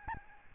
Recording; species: mosquito wingbeat signal from an infrared sensor; Aedes albopictus